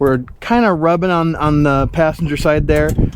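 A TrailDeck cargo slide is pulled out along its rail in the rear cargo area of a Bronco, rubbing slightly on the passenger side, with its outer side lock not yet engaged. Someone talks throughout, and nothing has seated or clicked yet.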